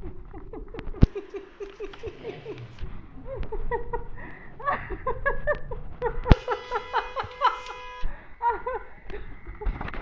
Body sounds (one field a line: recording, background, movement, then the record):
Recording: laughter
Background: traffic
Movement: walking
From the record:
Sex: female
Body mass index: 21.8 kg/m2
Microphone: on the chest, facing the body